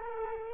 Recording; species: mosquito wingbeat signal from an infrared sensor; Culex quinquefasciatus